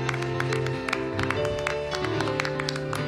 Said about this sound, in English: Ladies and gentlemen, please a round of applause as we welcome to the stage Representative Nick Zierwas from beautiful Elk River.